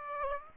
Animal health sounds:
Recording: mosquito wingbeat signal from an infrared sensor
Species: Aedes aegypti

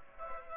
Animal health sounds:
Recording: mosquito wingbeat signal from an infrared sensor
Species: Aedes aegypti

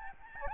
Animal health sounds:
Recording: mosquito wingbeat signal from an infrared sensor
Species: Aedes albopictus

